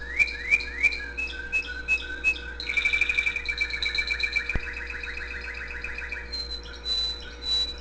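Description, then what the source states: Canary singing bright rising whistles, then a fast buzzy trill and a high sustained whistle, with a low hum and a sharp click midway. Owner's own canary singing, with background music playing.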